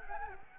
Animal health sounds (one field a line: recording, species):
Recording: mosquito wingbeat signal from an infrared sensor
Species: Anopheles gambiae